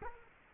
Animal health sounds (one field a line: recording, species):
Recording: mosquito wingbeat signal from an infrared sensor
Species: Culex quinquefasciatus